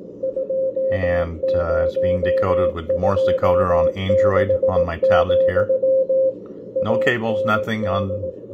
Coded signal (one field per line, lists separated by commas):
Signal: Morse code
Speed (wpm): 17 wpm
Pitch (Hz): 530 Hz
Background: speech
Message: 2026, AND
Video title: Chinese DSP SDR Malahit clone W1AW morse code CW decode on Android tablet W6LVP loop antenna